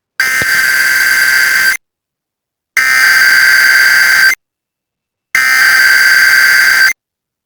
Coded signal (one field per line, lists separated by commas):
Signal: Emergency Alert System (SAME) tones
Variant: header bursts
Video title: Eas #2 Air quality alert